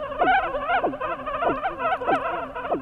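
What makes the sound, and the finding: Sonified EEG (brain activity converted to sound). EEG sonification of seizure onset.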